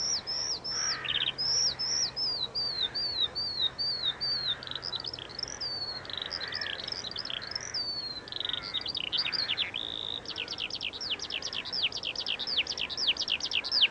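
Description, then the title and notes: Eurasian skylark song, a continuous run of high whistled, warbling notes, becoming rapid and trilling near the end, with a few lower harsh calls in the background. Singing while descending, late summer evening, Eggardon Hill hillfort, Dorset. "Eggardon Hill, Dorset. A Skylark sings and descends. Recorded by Ezra Gray"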